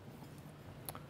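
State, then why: Seated. A clip-on divider for an ultrasonic cleaning basket is pushed onto the basket's wire mesh and snaps into place. Two short, sharp clicks are heard at 0.9 s and 1.0 s over a low background hum. The divider is seated.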